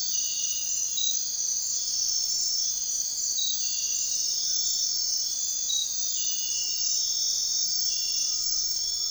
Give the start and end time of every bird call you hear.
[8.21, 9.10] bird call

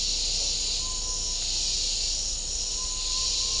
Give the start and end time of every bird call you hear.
[0.77, 1.36] bird call
[2.76, 3.27] bird call

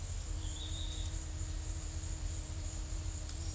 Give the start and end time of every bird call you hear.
[0.28, 1.30] bird call

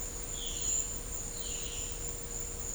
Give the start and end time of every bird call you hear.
[0.31, 0.90] bird call
[1.33, 1.95] bird call

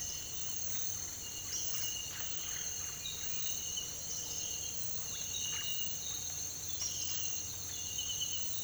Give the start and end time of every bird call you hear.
[1.50, 3.51] bird call

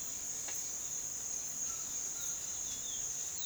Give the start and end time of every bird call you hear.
[0.00, 3.45] bird call

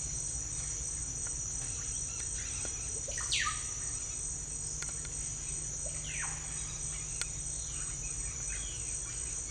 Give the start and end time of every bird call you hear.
[2.28, 3.54] bird call
[6.04, 6.34] bird call

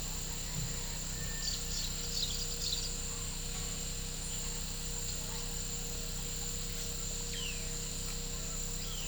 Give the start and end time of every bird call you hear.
[1.40, 3.21] bird call

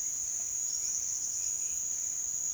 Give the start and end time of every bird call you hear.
[0.52, 1.59] bird call

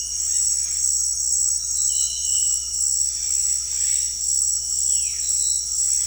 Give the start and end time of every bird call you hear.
[4.77, 5.29] bird call

